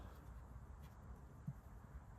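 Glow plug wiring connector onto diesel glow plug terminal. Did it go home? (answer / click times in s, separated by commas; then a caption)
no / none. A plastic glow plug wiring connector is lined up over a diesel glow plug terminal on a Renault Trafic during glow plug replacement, handled gently so it doesn't break. Only low, steady background noise is heard, with a faint soft bump around 1.5 s. Nothing has clicked or seated yet.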